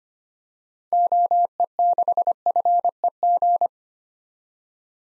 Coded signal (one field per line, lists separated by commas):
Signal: Morse code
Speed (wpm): 25 wpm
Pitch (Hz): 700 Hz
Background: none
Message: OE6FEG